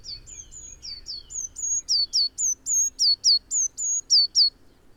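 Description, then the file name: Eurasian blue tit giving a rapid run of thin, piercing notes that swap between flat whistles and downward slurs. The run grows louder partway through. "Cyanistes caeruleus"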